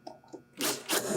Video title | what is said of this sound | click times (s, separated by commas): 1x6 Framing Joinery – Platforms Overview (part 6 of 9) | it's just spinning as well | 0.1 s, 0.2 s, 0.6 s